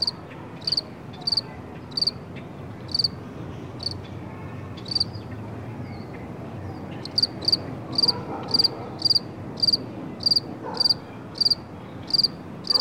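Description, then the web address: Insect giving high pulsed chirps, spaced and uneven at first, then faster and steadier in the second half, against a faint low hum. "насекомые"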